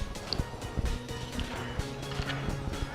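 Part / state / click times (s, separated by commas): wire terminal into headlight wiring connector / seated / 0.3 s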